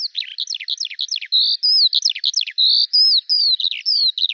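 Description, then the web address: Bird song alternating clusters of sharp downward chirps with smooth, sustained whistles, rapid and continuous. "Deverinetal 2025 File cleaned normalized Bird Al Ar"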